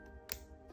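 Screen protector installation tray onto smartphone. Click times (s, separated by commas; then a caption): 0.3 s. The plastic alignment tray of a glass screen protector kit is slid over a Pixel 9 XL Pro smartphone, lined up with the pull tabs, and pressed down. It gives one sharp, bright snap at 0.3 s over a steady, low, tonal background. The tray snaps into place and is seated on the phone.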